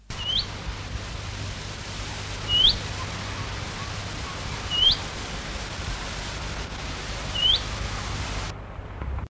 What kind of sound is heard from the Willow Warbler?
call